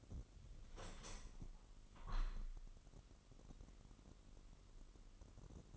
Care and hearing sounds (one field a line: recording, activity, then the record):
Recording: daily activity, microphone in the room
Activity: open window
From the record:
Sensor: 4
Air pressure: 998.7 hPa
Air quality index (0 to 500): 113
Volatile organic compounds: 2 ppm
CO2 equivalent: 1110 ppm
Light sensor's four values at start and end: 10/24/9/10 and 10/24/9/10